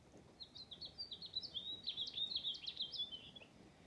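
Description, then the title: House finch song: a fast, rambling warble of bright, slurred notes running for about three seconds, with steady low background noise. "House finch singing"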